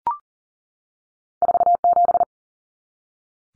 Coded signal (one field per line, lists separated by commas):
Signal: Morse code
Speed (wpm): 40 wpm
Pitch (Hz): 700 Hz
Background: none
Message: 47